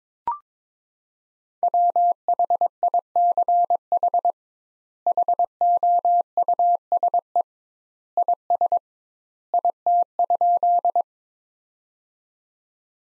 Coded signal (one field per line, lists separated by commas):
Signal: Morse code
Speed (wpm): 22 wpm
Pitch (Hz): 700 Hz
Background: none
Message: WHICH HOUSE IS IT?